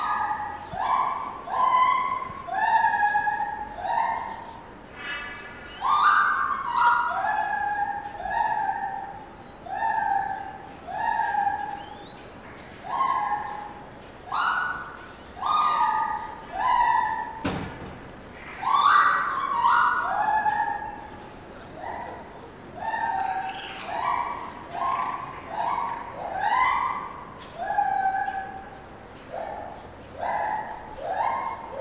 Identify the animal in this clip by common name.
Lar Gibbon